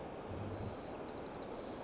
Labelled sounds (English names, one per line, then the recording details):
White-crowned Sparrow
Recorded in Sonoma County, California